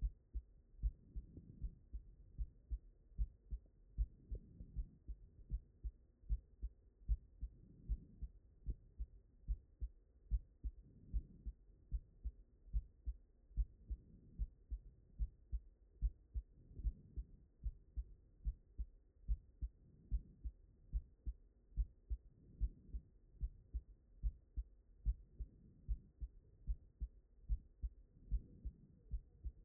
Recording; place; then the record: heart sounds by stethoscope; mitral valve (MV)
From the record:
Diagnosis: non-HFrEF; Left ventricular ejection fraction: 65%